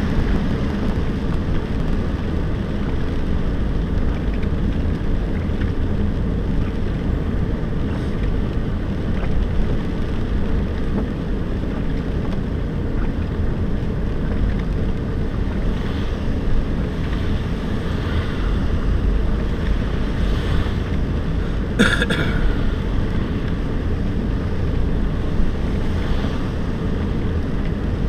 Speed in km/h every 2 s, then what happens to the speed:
43, 39, 35, 35, 37, 36, 33, 34, 33, 31, 31, 34, 35, 34.
0-4 slows to 35. 4-28 steady at about 34.